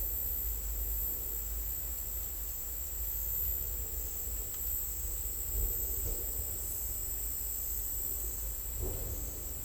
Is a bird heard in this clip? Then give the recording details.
no. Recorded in secondary vegetation near Puerto Asís, Putumayo, Colombia, on 20 December 2024 at 09:30. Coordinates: 0.484, -76.319. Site GP06